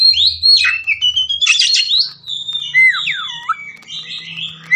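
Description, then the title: Oriental magpie-robin singing a loud, rapid medley of whistled slurs, harsh buzzy bursts and sharp rising and falling notes. Kacer singing a fierce, unrelenting, full-volley style of song meant to set a magpie-robin fighting within minutes. "Kacer Langsung Tarung Konslet KACER NGOTOT FULL TEMBAKAN"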